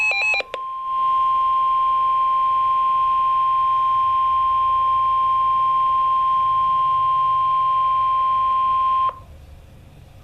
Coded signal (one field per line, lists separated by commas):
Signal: Emergency Alert System (SAME) tones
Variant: 1050 Hz attention tone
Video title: EAS #24 - Severe Thunderstorm Warning Giles TN